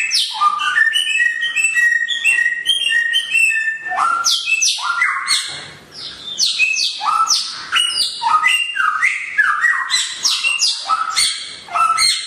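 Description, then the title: Songbird: loud bird song mixing shrill high notes and lower swooping phrases, energetic and nearly unbroken with one brief lull. Songbird named Samyong, said to be worth one billion, singing actively (gacor) with piercing volume (volume tembus). "SAMYONG 1 MILYAR GACOR VOLUME TEMBUS [Burung Kicau"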